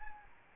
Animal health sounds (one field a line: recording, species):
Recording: mosquito wingbeat signal from an infrared sensor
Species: Aedes albopictus